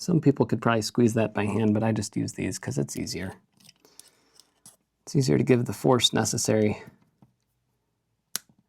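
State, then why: Seated. Someone talks while pressing the plastic cap of a shielded RJ45 keystone jack down onto the jack body over the punched-down conductors with a crimping tool, with a few faint clicks of handling in between. At 8.4 s a single sharp pop rings out as the cap seats, meaning the crimp is done.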